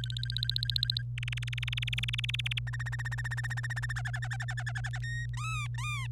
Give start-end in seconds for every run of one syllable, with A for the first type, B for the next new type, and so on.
0.00-1.02 A, 1.18-2.59 B, 2.67-3.93 C, 3.96-4.98 D, 5.02-5.26 E, 5.34-6.06 F